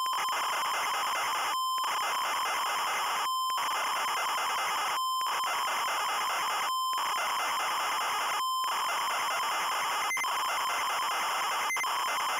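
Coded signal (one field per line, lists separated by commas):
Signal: ZX Spectrum tape loading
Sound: shrill steady square-wave tone broken by repeated harsh buzzing data bursts and short silences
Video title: Rakitic ya es del Barcelona (ZX Spectrum) - Loading screen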